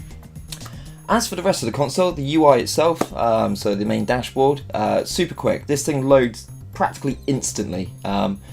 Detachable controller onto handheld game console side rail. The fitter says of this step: does have that satisfying click noise when you do pop it back on pretty cool as